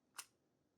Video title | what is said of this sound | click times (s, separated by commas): 2025 EDC Update | But it needs to be able to really click in there. You can hear it. | 0.2 s